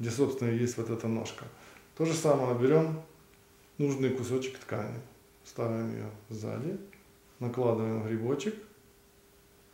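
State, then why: Not seated. A plastic shank-button cap (the "mushroom") is being placed by hand over a piece of fabric onto its ring half to make a two-part fabric-covered button. Someone talks throughout the clip, with pauses between phrases. Nothing has seated or clicked yet; the cap is handled but not yet pressed home.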